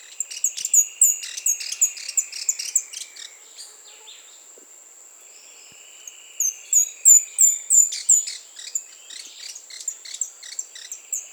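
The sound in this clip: Speckled Spinetail calling, quick series of high, thin, curved notes, pausing midway before resuming, with a continuous high insect drone and a lower buzzing band beneath.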